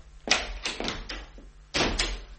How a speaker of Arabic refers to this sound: اقفل الباب وراك.